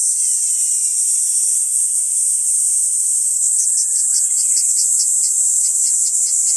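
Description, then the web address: Kaempfer cicada, a high continuous buzz; a smooth tonal layer sounds in the first three seconds, then rapid pulsing flickers run through the drone. "ニイニイゼミ. arpla 自然音研究室"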